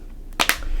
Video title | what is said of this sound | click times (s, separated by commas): Samsung Galaxy S10 and S10 Plus RhinoShield Cases | You can hear it snap in place. | 0.4 s, 0.5 s